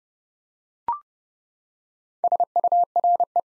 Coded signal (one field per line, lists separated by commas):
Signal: Morse code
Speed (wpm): 30 wpm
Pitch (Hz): 700 Hz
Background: none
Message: SURE